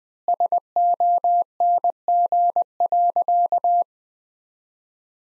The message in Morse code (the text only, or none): SONG.